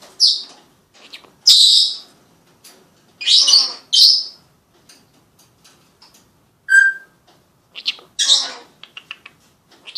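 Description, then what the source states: Senegal parrot calling in harsh high squawks, then a clear short whistled note midway, followed by rapid clicking chatter and more squawks. Senegal parrot talking.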